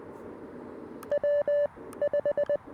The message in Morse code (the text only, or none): W5